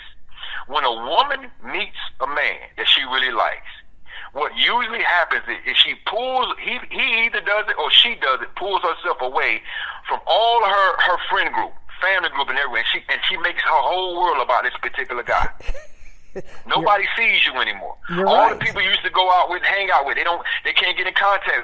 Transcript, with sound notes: When a woman meets a man that she really likes, what usually happens I- is she pulls ... He, he either does it or she does it, pulls herself away from all of her, her friend group, family group and everyone, and she, and she makes her whole world about this particular guy.
(laughs) Yeah.
Nobody sees you anymore.
Right.
All the people you used to go out with and hang out with, they don't, they can't get in contact,